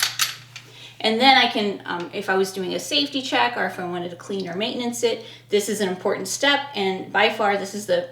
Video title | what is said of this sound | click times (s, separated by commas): Trouble Racking the Slide? Tips & Products to Help | up on the slide lock slide release lever as I pull the slide back until it locks into place like this | 0.0 s